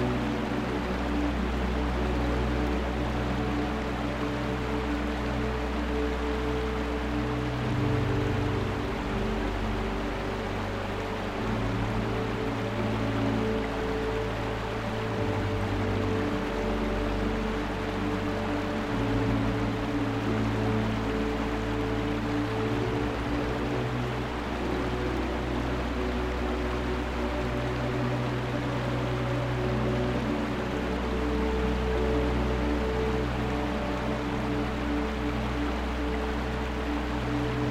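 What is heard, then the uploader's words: A waterfall pours in a steady, dense rush that fills the whole clip at an even level. Beneath it, low sustained ambient tones hold and shift to new chords every few seconds, forming a soft, slowly changing bed under the water. Relax with this peaceful waterfall and an ambient soundscape.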